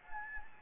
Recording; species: mosquito wingbeat signal from an infrared sensor; Anopheles gambiae